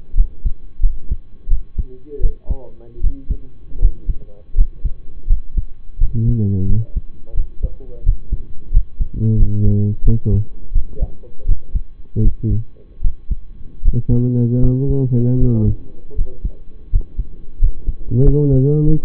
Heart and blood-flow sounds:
heart sounds by stethoscope; between the tricuspid and mitral areas; 83 bpm
0.14 s: heartbeat
0.80 s: heartbeat
1.48 s: heartbeat
2.20 s: heartbeat
3.00 s: heartbeat
3.79 s: heartbeat
4.54 s: heartbeat
5.26 s: heartbeat
5.98 s: heartbeat
6.66 s: heartbeat
7.34 s: heartbeat
8.03 s: heartbeat
8.70 s: heartbeat
9.37 s: heartbeat
10.03 s: heartbeat
10.72 s: heartbeat
11.45 s: heartbeat
12.21 s: heartbeat
13.01 s: heartbeat
13.81 s: heartbeat
14.59 s: heartbeat
15.37 s: heartbeat
16.14 s: heartbeat
16.89 s: heartbeat
17.58 s: heartbeat
18.22 s: heartbeat
18.84 s: heartbeat
From the record:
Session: rest, lying down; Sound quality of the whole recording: partially saturated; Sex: male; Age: 25 years

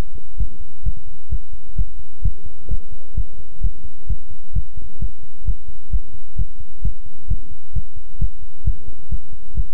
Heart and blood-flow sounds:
heart sounds by stethoscope; between the tricuspid and mitral areas; 131 bpm
0.37 s: heartbeat
0.83 s: heartbeat
1.29 s: heartbeat
1.76 s: heartbeat
2.22 s: heartbeat
2.68 s: heartbeat
3.15 s: heartbeat
3.61 s: heartbeat
4.07 s: heartbeat
4.53 s: heartbeat
4.99 s: heartbeat
5.45 s: heartbeat
5.91 s: heartbeat
6.36 s: heartbeat
6.82 s: heartbeat
7.28 s: heartbeat
7.73 s: heartbeat
8.19 s: heartbeat
8.64 s: heartbeat
9.09 s: heartbeat
9.55 s: heartbeat
From the record:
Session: pedaling a stationary bicycle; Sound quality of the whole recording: good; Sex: male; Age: 24 years

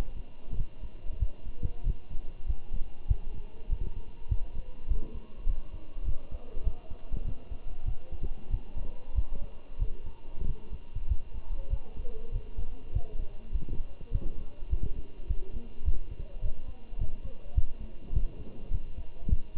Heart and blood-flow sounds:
heart sounds by stethoscope; between the tricuspid and mitral areas; 99 bpm
0.57 s: heartbeat
1.20 s: heartbeat
1.84 s: heartbeat
2.47 s: heartbeat
3.08 s: heartbeat
3.70 s: heartbeat
4.29 s: heartbeat
4.89 s: heartbeat
5.47 s: heartbeat
6.05 s: heartbeat
6.64 s: heartbeat
7.25 s: heartbeat
7.86 s: heartbeat
8.51 s: heartbeat
9.16 s: heartbeat
9.79 s: heartbeat
10.46 s: heartbeat
11.09 s: heartbeat
11.71 s: heartbeat
12.33 s: heartbeat
12.93 s: heartbeat
13.53 s: heartbeat
14.12 s: heartbeat
14.70 s: heartbeat
15.28 s: heartbeat
15.86 s: heartbeat
16.42 s: heartbeat
16.99 s: heartbeat
17.55 s: heartbeat
18.13 s: heartbeat
18.71 s: heartbeat
19.30 s: heartbeat
From the record:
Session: walking at 3.7 km/h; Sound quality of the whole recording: good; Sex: male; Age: 23 years

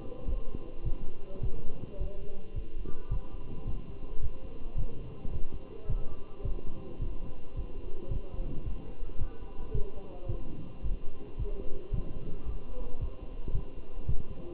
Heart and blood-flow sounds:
heart sounds by stethoscope; between the tricuspid and mitral areas; 109 bpm
0.27 s: heartbeat
0.85 s: heartbeat
1.43 s: heartbeat
2.00 s: heartbeat
2.56 s: heartbeat
3.11 s: heartbeat
3.67 s: heartbeat
4.22 s: heartbeat
4.78 s: heartbeat
5.33 s: heartbeat
5.89 s: heartbeat
6.45 s: heartbeat
7.01 s: heartbeat
7.57 s: heartbeat
8.11 s: heartbeat
8.66 s: heartbeat
9.20 s: heartbeat
9.74 s: heartbeat
10.29 s: heartbeat
10.84 s: heartbeat
11.39 s: heartbeat
11.94 s: heartbeat
12.47 s: heartbeat
13.01 s: heartbeat
13.55 s: heartbeat
14.08 s: heartbeat
From the record:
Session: walking at 3.7 km/h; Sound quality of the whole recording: good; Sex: male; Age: 27 years

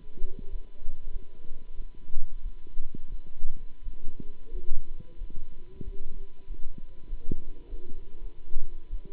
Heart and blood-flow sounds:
heart sounds by stethoscope; between the tricuspid and mitral areas; 93 bpm
0.49 s: heartbeat
1.10 s: heartbeat
1.74 s: heartbeat
2.42 s: heartbeat
3.09 s: heartbeat
3.82 s: heartbeat
4.50 s: heartbeat
5.17 s: heartbeat
5.83 s: heartbeat
6.46 s: heartbeat
7.07 s: heartbeat
7.68 s: heartbeat
8.20 s: heartbeat
8.89 s: heartbeat
From the record:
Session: Bruce protocol treadmill stress test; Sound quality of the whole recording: good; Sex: male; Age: 26 years

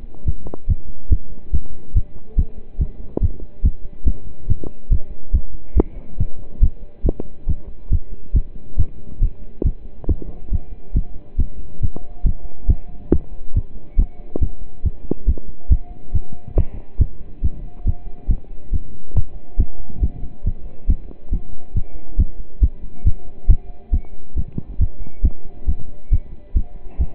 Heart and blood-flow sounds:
heart sounds by stethoscope; between the tricuspid and mitral areas; 139 bpm
0.26 s: heartbeat
0.68 s: heartbeat
1.11 s: heartbeat
1.53 s: heartbeat
1.95 s: heartbeat
2.37 s: heartbeat
2.79 s: heartbeat
3.22 s: heartbeat
3.64 s: heartbeat
4.06 s: heartbeat
4.48 s: heartbeat
4.91 s: heartbeat
5.34 s: heartbeat
5.76 s: heartbeat
6.19 s: heartbeat
6.62 s: heartbeat
7.05 s: heartbeat
7.48 s: heartbeat
7.91 s: heartbeat
8.35 s: heartbeat
8.78 s: heartbeat
9.21 s: heartbeat
9.65 s: heartbeat
10.08 s: heartbeat
10.52 s: heartbeat
10.95 s: heartbeat
11.38 s: heartbeat
11.82 s: heartbeat
12.25 s: heartbeat
12.69 s: heartbeat
13.12 s: heartbeat
13.55 s: heartbeat
13.98 s: heartbeat
14.41 s: heartbeat
14.84 s: heartbeat
15.27 s: heartbeat
15.71 s: heartbeat
16.14 s: heartbeat
16.57 s: heartbeat
17.00 s: heartbeat
17.43 s: heartbeat
17.86 s: heartbeat
18.29 s: heartbeat
18.72 s: heartbeat
19.15 s: heartbeat
19.59 s: heartbeat
20.02 s: heartbeat
20.45 s: heartbeat
20.88 s: heartbeat
21.32 s: heartbeat
21.75 s: heartbeat
22.18 s: heartbeat
22.62 s: heartbeat
23.05 s: heartbeat
23.49 s: heartbeat
23.92 s: heartbeat
24.36 s: heartbeat
24.80 s: heartbeat
25.24 s: heartbeat
25.68 s: heartbeat
26.11 s: heartbeat
26.55 s: heartbeat
26.99 s: heartbeat
From the record:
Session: pedaling a stationary bicycle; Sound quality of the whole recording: partially saturated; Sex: male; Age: 27 years

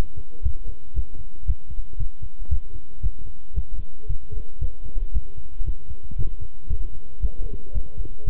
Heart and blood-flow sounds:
heart sounds by stethoscope; between the tricuspid and mitral areas; 115 bpm
0.44 s: heartbeat
0.96 s: heartbeat
1.47 s: heartbeat
1.99 s: heartbeat
2.50 s: heartbeat
3.03 s: heartbeat
3.56 s: heartbeat
4.09 s: heartbeat
4.61 s: heartbeat
5.14 s: heartbeat
5.66 s: heartbeat
6.18 s: heartbeat
6.70 s: heartbeat
7.22 s: heartbeat
7.74 s: heartbeat
8.26 s: heartbeat
From the record:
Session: walking at 3.7 km/h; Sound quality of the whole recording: good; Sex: male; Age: 25 years

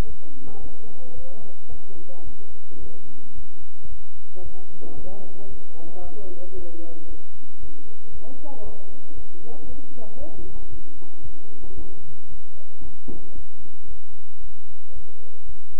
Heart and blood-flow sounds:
heart sounds by stethoscope; between the tricuspid and mitral areas; 113 bpm
0.07 s: heartbeat
0.61 s: heartbeat
1.15 s: heartbeat
1.69 s: heartbeat
2.24 s: heartbeat
2.80 s: heartbeat
3.35 s: heartbeat
3.89 s: heartbeat
4.43 s: heartbeat
4.95 s: heartbeat
5.48 s: heartbeat
6.02 s: heartbeat
6.55 s: heartbeat
7.08 s: heartbeat
7.60 s: heartbeat
8.12 s: heartbeat
8.63 s: heartbeat
9.15 s: heartbeat
9.67 s: heartbeat
10.18 s: heartbeat
10.70 s: heartbeat
11.22 s: heartbeat
11.75 s: heartbeat
12.29 s: heartbeat
12.82 s: heartbeat
13.35 s: heartbeat
13.88 s: heartbeat
14.41 s: heartbeat
14.93 s: heartbeat
15.46 s: heartbeat
From the record:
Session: bicycle stress test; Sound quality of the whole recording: good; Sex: male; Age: 23 years

